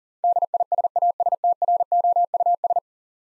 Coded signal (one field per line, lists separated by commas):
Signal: Morse code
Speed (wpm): 40 wpm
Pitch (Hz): 700 Hz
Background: none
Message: DISASTROUS